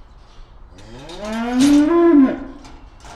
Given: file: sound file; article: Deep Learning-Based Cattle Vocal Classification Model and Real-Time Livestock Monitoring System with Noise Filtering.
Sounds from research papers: cattle; estrus call

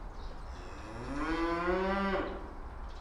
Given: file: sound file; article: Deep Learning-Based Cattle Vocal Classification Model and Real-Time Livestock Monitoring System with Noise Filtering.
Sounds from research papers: cattle; food anticipating call

